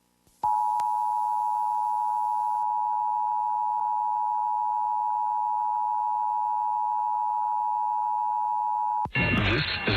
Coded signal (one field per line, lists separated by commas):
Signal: Emergency Alert System (SAME) tones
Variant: 853 and 960 Hz attention tone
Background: music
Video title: National Periodic EAS Test - San Antonio Stations, 8/7/2019